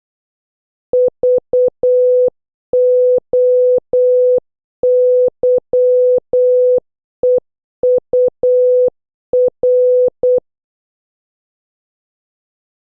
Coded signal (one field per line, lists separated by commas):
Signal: Morse code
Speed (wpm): 8 wpm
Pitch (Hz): 500 Hz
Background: none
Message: VOYEUR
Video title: 10. Practice Morse Code Words with Sound - O to Z (Increasing speed) (Must Watch previous videos)